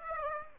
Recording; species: mosquito wingbeat signal from an infrared sensor; Aedes aegypti